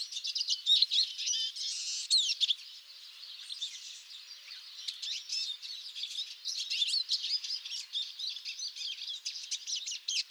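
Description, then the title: Eurasian siskins calling as a group, a continuous mass of thin high chirps and twitters, louder at first, quieter midway, then busy again. Several birds calling during a late-winter migratory stopover before moving on to breeding sites in northern Europe. "Tarin des aulnes"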